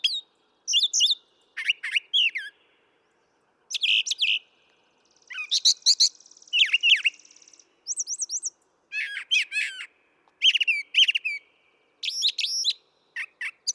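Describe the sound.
Brown thrasher singing a long string of varied phrases, each often repeated twice, including clear slurred notes, harsh chips and a buzzy rattle, with short silences between.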